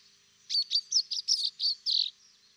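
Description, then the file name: Common chaffinch calling: a quick string of eight short, bright chirps over about one and a half seconds, with brief gaps between notes, against quiet background. "Fringilla coelebs"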